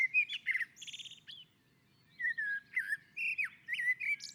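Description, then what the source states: Common blackbird warbling fluted notes mixed with high twittered flourishes, a short pause, then several more mellow whistled phrases in quick succession. On a roof.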